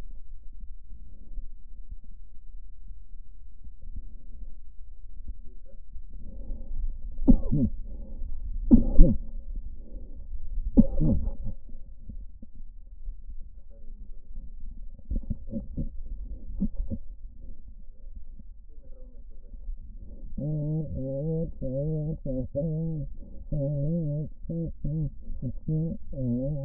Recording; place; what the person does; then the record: lung sounds by stethoscope; left posterior apical chest; quiet breathing, then cough and speech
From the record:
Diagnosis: COPD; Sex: female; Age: 80 years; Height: 160 cm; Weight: 62 kg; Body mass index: 24.2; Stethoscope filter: diaphragm mode